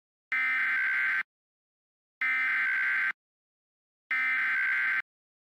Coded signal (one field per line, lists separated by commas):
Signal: Emergency Alert System (SAME) tones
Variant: header bursts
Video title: two point six | An EAS Recreation of the May 31, 2013 El Reno Tornado | Jackeltron